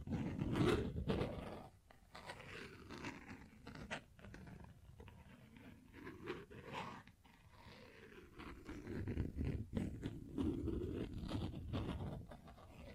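Tapping and scratching on textured surfaces, with dense, irregular scraping strokes and sharp clicks scattered throughout. The sound is fullest in the low range, loudest around the first second and again near ten to eleven seconds, with quieter stretches between.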